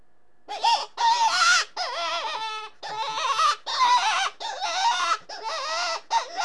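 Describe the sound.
Rabbit cries: strained, wavering squeals in many short back-to-back bursts with brief gaps between them.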